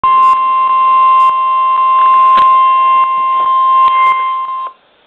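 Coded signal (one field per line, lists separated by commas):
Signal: Emergency Alert System (SAME) tones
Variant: 1050 Hz attention tone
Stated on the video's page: Severe Thunderstorm Warning received on an HH54VP2 radio, the first alert heard on it.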